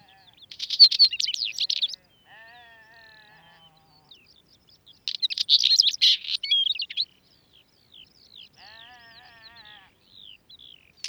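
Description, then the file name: Northern wheatear song: two loud bursts of scratchy, rapid warbling, each followed by softer, lower bleat-like notes and scattered thin whistles. "Tapuit Oenanthe oenanthe"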